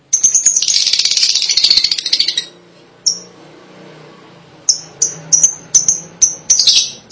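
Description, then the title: Lovebird chatter: a two-second raspy rattling bout, a lone chirp, then a quick series of piercing high chirps. "Suara Burung Lovebird"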